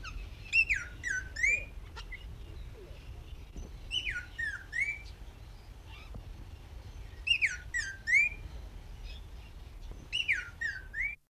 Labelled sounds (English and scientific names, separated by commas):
Lesser Vasa Parrot (Coracopsis nigra) call